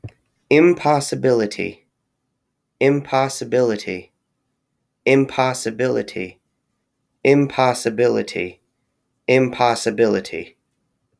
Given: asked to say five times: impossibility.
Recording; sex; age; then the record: repeated word; male; 30 to 39 years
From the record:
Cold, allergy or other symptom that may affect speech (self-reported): no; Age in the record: 32 years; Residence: Connecticut, United States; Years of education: 16